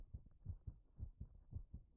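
Soft, deep paired thumps of an adult heartbeat repeat in a steady lub-dub rhythm at roughly 110–115 beats a minute, with a faint low hum underneath. A regular pulsing heartbeat, the kind often heard as calming and womb-like.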